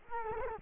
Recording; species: mosquito wingbeat signal from an infrared sensor; Culex quinquefasciatus